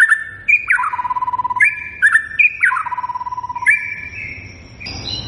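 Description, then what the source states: White-rumped shama singing repeated phrases: a bright whistle dropping into a fast low trill, given twice, then a steadier rising whistle. Lure recording intended to prompt the bird to sing and respond.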